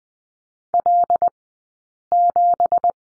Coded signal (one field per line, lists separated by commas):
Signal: Morse code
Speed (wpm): 20 wpm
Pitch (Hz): 700 Hz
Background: none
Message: L7